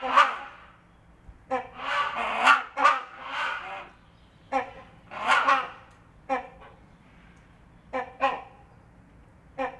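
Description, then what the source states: Hornbill calls: coarse nasal honks and barks in uneven bursts with pauses. Great Hornbill and Rhinoceros Hornbill.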